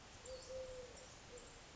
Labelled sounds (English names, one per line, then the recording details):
Eurasian Collared Dove
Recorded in Sonoma County, California